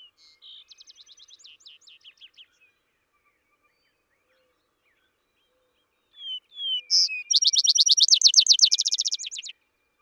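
Vesper sparrow song heard twice: a softer trilled phrase at the start, then after a pause a full song with slurred opening notes and a fast, bright trill.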